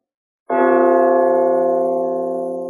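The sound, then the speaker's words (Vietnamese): A single deep, resonant strike of a large bronze bell hung on a city wall outside the city gate, hit hard with the palm of a hand, its rich layered overtones sustaining and slowly fading over a couple of seconds. “Một tiếng chuông hùng hậu xa xưa vang lên”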